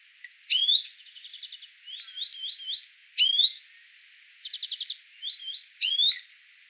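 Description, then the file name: Greenfinch calls: three loud sweeping chirps, with short buzzy trills and wavy twittering notes between them. "Chloris chloris"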